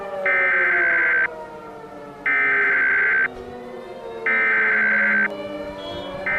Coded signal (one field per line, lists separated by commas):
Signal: Emergency Alert System (SAME) tones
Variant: header bursts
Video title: EAS Scenario 100 Subscriber Special Terror Attack On America